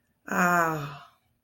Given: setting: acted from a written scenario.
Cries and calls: vocal sound without words; contentment

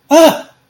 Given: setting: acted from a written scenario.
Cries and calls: vocal sound without words; distress

